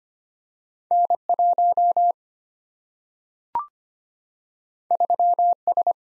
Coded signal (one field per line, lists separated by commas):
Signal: Morse code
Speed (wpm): 25 wpm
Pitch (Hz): 700 Hz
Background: none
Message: N1 3S